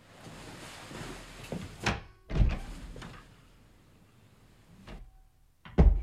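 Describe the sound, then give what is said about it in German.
A door is opened and shut to check whether the cat Felix is sitting outside, giving a handful of dull wooden thunks and clatters spread over a few seconds, with the heaviest bang at the very end. No one speaks. “Könnten Sie nachschauen, ob Felix vor der Tür sitzt?”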